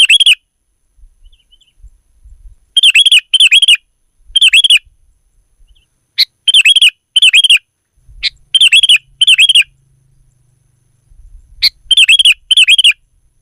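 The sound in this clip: Sooty-headed bulbul song: bursts of bubbly chirps, each a short rising-falling phrase, delivered in quick clusters of two or three with brief silent gaps.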